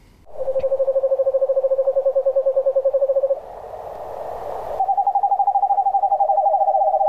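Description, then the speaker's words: Screech owl: a long, even, rapidly pulsed trill on one pitch, then after a short noisy gap a second trill slightly higher. Described as sounding like a ghost and not actually very screechy. "Das ist auch eine Eule, aber eine spezielle Eule, eine Kreischeule. Wobei so richtig kreischig klingt die eigentlich nicht."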